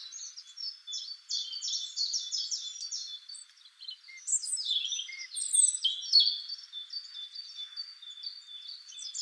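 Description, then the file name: European robin song, a dense high warble of quick repeated notes followed by jumbled sliding and twittering phrases. "Erithacus rubecula"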